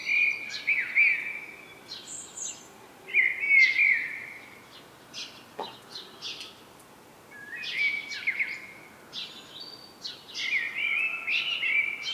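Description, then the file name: Common blackbird song: repeated mellow warbled phrases with scratchy high endings. "Turdus merula"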